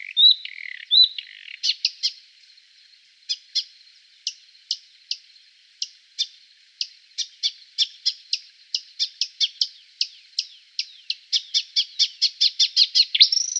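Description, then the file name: Marsh warbler singing: a few whistled notes, then a long series of sharp ticking notes that grow faster and denser toward the end. "Sumpfrohrsaenger"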